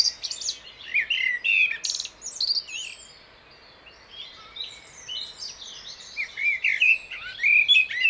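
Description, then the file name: Common blackbird singing fluted whistles mixed with high squeaky twitters, then a quiet gap, then another phrase of whistles and twitters. "Turdus merula"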